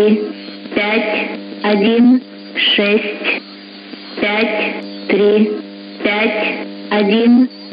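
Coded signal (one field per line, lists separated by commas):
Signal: numbers station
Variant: S06s, Russian female voice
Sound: female voice reading short words at even one-second spacing over steady hum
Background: radio hum and static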